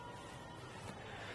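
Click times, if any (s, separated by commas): none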